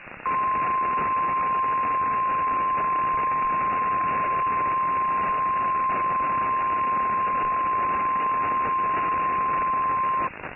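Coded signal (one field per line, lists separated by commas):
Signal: Emergency Alert System (SAME) tones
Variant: 1050 Hz attention tone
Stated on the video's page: PDS Tornado Warning received from NOAA Weather Radio station KEC56.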